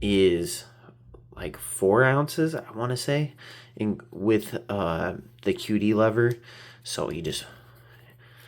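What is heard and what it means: Someone talks while handling the quick-detach lever on a metal Midwest red-dot optic mount for an Aimpoint PRO, said to weigh about 4 oz. A low steady hum sits under the speech. The lever has not yet been pushed in and flipped to lock against its tab, so nothing has seated or clicked yet.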